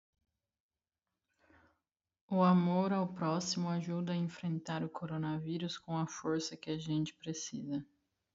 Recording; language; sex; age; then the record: spoken sentence; Brazilian Portuguese; female; 20 to 29 years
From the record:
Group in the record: control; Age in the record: 29 years